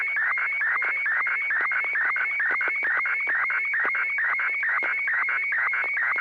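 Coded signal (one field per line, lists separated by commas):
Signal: SSTV (slow-scan television)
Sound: rapid warbling whistle around 2 kHz, repeating roughly twice a second with regular clicks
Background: low hum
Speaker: well I'm not sure what happened there because it looked I thought we were in the middle of a conversation and and hadn't gotten the request to to send the next picture yet yet another picture appeared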